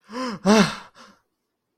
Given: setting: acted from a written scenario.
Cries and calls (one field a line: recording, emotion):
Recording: vocal sound without words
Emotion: fear